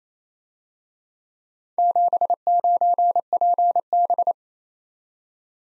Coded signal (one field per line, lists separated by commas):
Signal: Morse code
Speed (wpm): 31 wpm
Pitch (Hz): 700 Hz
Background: none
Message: 79PB